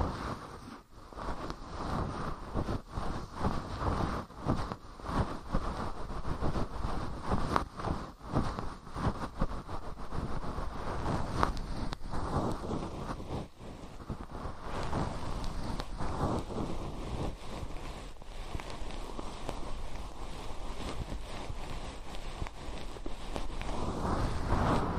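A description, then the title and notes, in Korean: Ear cleaning with a fluffy cotton tool, held right against the microphone. Dense, scratchy rubbing and brushing continue throughout in quick, uneven strokes, with a heavy low rumble. After about fifteen seconds the strokes turn a little softer and smoother. 솜털 귀청소 동시에 (인트로 수다 X).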